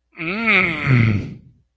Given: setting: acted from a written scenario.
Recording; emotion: vocal sound without words; ecstasy